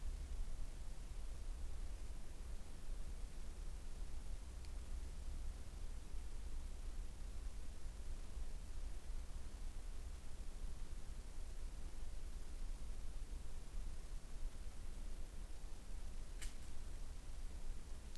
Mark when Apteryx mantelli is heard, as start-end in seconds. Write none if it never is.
none